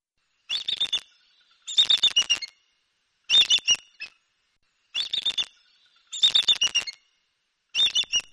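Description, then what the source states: Bald eagle calls: high, thin chittering bursts of quick squeaky notes, each under a second long, repeated every second and a half or so in a quiet setting. Wild bald eagles met along the Root River, a tributary of the Upper Mississippi in southeastern Minnesota, in autumn, during a canoeing or kayaking trip.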